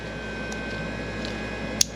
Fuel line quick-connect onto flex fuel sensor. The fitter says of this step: Awesome. the clips. You heard the clips. That's it. Yep.